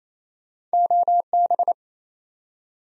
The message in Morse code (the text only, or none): OB